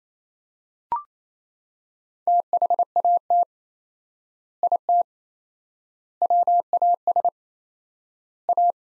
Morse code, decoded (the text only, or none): THAT IT WAS A